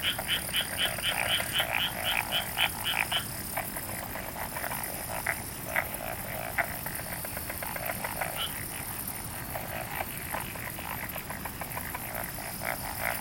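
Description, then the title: Frogs croaking in a dense chorus, rapid overlapping pulsed notes about four a second, clearest early on, with a steady high hiss above. "Summer Japan, Hokkaido. Night Paddy's frogs. 夜の水田のカエル"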